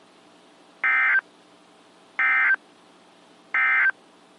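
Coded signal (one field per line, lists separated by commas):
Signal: Emergency Alert System (SAME) tones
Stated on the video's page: Alerts received from stations in Columbus, Butler and Bridgeport, Ohio, and Pittsburgh, Pennsylvania.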